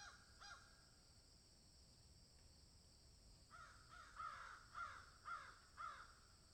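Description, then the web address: Crow with a single caw early on, then after a pause a steady series of five or six loud, rasping caws about half a second apart. "ворона"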